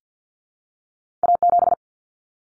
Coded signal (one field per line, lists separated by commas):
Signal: Morse code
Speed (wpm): 50 wpm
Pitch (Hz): 700 Hz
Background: none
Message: A7